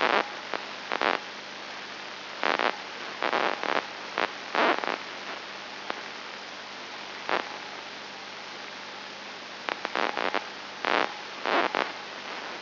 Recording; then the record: brain microelectrode recording played as sound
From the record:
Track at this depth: outside the subthalamic nucleus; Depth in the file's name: 5.9 mm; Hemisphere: left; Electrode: 2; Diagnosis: Parkinson's disease